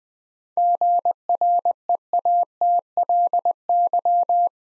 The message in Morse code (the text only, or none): GREATLY